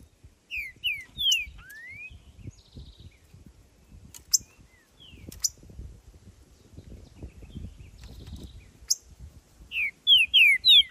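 Green-winged saltator song: short phrases of bright slurred whistles, several falling notes then a rising one, repeated with pauses over faint background noise.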